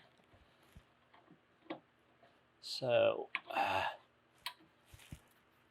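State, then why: Released. A screwdriver goes into a slot and pulls back a small plastic retaining tab that holds a component to the front bumper cover of a Porsche Cayman (987 and 987.2). Someone talks, with faint taps around 1.1 s and 1.7 s, and then the tab releases with a little click at 4.5 s. The part then comes right off.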